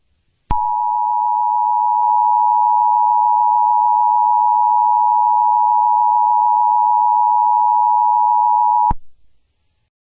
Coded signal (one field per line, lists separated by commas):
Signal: Emergency Alert System (SAME) tones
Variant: 853 and 960 Hz attention tone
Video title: Eas Scenario|the catastrophe - its just the beginning…